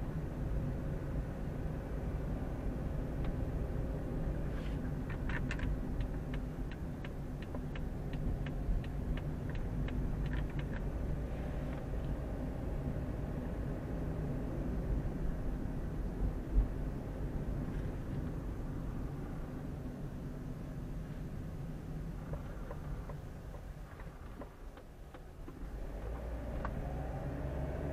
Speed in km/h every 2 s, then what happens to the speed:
21, 24, 25, 23, 21, 22, 25, 27, 27, 24, 18, 13, 6, 13.
0-9 steady at about 23. 9-16 speeds up to 27. 16-23 slows to 6. 25-28 speeds up to 13.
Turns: none.